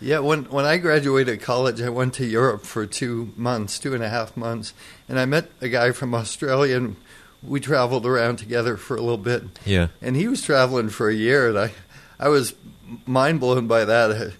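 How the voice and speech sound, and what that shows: An adult man's conversational speech carries a steady, rhythmic waver in pitch, a slightly shaky voice from essential tremor, a progressive condition with no cure.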